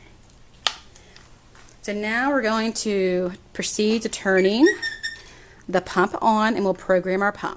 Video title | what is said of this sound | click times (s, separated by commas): Tube Feeding | so once that's in you can shut your blue door till you hear it click so | 0.7 s